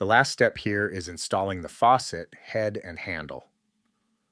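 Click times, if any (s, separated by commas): none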